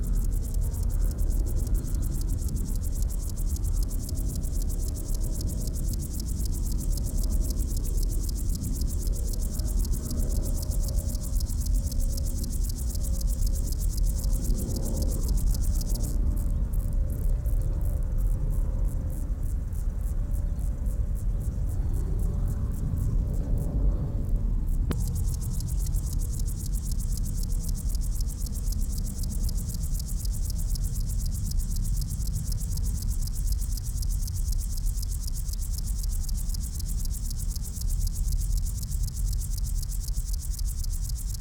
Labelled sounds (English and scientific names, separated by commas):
Upland Field Grasshopper (Chorthippus apricarius) stridulation